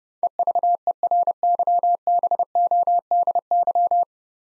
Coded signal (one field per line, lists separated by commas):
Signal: Morse code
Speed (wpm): 29 wpm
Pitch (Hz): 700 Hz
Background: none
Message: EVERYBODY